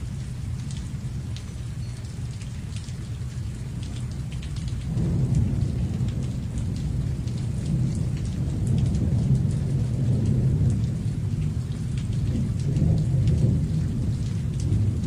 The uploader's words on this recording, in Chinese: 白噪音——听，是下雨的声音（下）。